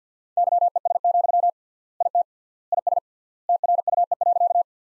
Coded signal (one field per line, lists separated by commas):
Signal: Morse code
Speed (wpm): 50 wpm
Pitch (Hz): 700 Hz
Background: none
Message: YES, IT IS TRUE.